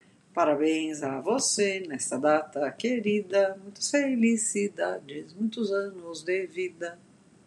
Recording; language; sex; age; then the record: short text; Brazilian Portuguese; female; 50 to 59 years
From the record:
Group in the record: control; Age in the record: 50 years